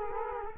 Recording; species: mosquito wingbeat signal from an infrared sensor; Culex quinquefasciatus